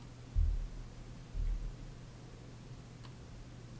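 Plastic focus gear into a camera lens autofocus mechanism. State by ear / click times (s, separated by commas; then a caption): not seated / none. A replacement plastic focus gear is handled and lined up in the autofocus mechanism of a Canon EF-S 18-55mm IS lens, in place of a damaged gear. Only soft low-frequency handling bumps are heard, around 0.4 s and 1.4 s, over a steady low hum. The gear is being aligned before it is pushed home, and nothing has seated or clicked yet.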